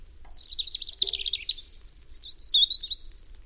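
European robin song, a rich run of high, thin warbling and trilling notes with quick liquid flourishes.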